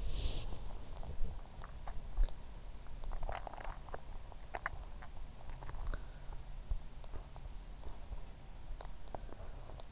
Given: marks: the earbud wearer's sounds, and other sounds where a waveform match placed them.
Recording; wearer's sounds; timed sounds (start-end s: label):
sounds in sleep by an in-ear microphone; breath, swallowing
0.00-1.30 s: breath
2.70-5.62 s: swallowing